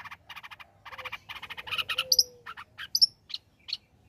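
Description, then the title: Long-tailed shrike song with harsh buzzy chattering bursts, followed by clear rising whistles and scattered high chirps. Cendet singing prolifically (gacor), offered as tutoring audio (masteran) for training other songbirds. "Cendet Gacor Cocok Untuk Masteran"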